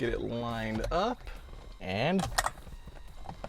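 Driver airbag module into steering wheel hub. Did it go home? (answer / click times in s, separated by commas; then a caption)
yes / 3.3 s, 3.4 s. Someone talks while lining up the driver airbag module with the hub of a blue yoke steering wheel in a Tesla Model 3 and pushing it in. Two sharp clicks at 3.3 and 3.4 seconds are its retaining clips snapping, locking the module into place. The horn does not sound because the car has no power.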